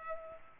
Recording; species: mosquito wingbeat signal from an infrared sensor; Culex pipiens